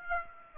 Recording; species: mosquito wingbeat signal from an infrared sensor; Aedes aegypti